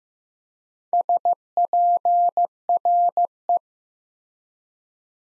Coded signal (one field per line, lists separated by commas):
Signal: Morse code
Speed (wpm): 15 wpm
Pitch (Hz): 700 Hz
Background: none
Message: SPRE